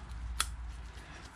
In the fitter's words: that on you heard a click